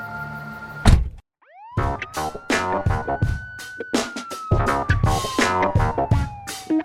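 In a radio crime drama, a man with his travel bag gets into a car and the door shuts with one heavy thunk. A flurry of clunks and shuffling knocks follows as he settles in, while a smooth tone rises and slowly falls underneath.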